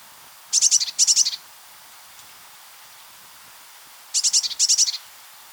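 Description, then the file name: Eurasian blue tit giving paired buzzy churring bursts of rapid high pulses, a pair at the start and another pair about three and a half seconds later. "Cyanistes caeruleus"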